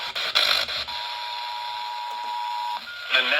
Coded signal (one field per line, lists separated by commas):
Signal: Emergency Alert System (SAME) tones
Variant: 853 and 960 Hz attention tone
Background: speech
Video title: A BORING NPT, AND A FEW ALERTS! EAS Alert Captures from 10/1/2023 - 10/5/2023! [EAS #1,947 - #1,961]